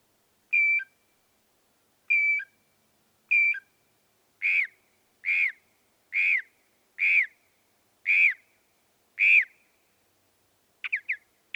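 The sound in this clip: Northern mockingbird song: a run of clear whistled notes near the same pitch, then a set of buzzier repeated notes about once a second, ending with quick sharp chips.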